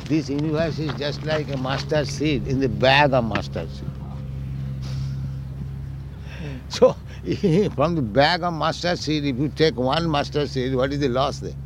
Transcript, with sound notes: This universe is just like a mustard seed in the bag of mustard seed." [laughs] So from the bag of mustard seed, if you take one mustard seed, what is the loss there?